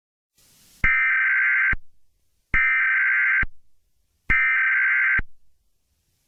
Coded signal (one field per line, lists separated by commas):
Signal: Emergency Alert System (SAME) tones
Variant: header bursts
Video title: EMERGENCY ALERT SYSTEM A THEIF NAME @steak PLEASE TELL EVERONE TO THIS MESSAGE AND RUN AWAYYYYYYY